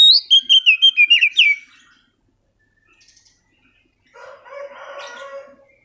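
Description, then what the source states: Oriental magpie-robin opening with a fast run of loud whistles, followed by silence and then a lower, harsher rustling burst. Master recording used as a lure to prompt a kacer that has stopped singing to sing again.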